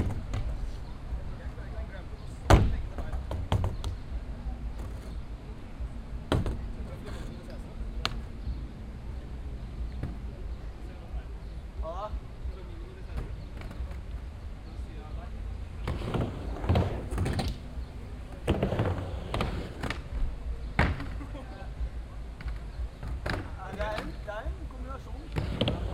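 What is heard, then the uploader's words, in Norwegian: Outdoor sound at the Spikersuppa skatepark: sharp clacks and thuds from boards hit at irregular moments, with a strong one near 2.5 seconds and clusters around 16–22 seconds. Voices talk throughout beneath a steady low rumble, and a faint hum runs through the first half. Spikersuppa, skatepark.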